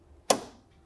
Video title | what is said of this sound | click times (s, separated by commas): Mercedes C350 Cam Plug Replacement DIY (2004-2011 Mercedes M272 V6, W203 C350, C280, W211 E350) | upwards and you'll hear it lock into place | 0.3 s